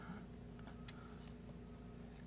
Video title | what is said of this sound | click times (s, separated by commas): Huong dan thay man hinh Iphone 5 | So you can hear that clip in. | 0.9 s